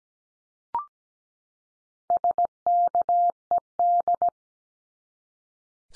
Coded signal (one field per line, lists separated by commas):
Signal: Morse code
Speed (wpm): 17 wpm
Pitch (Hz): 700 Hz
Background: none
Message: SKED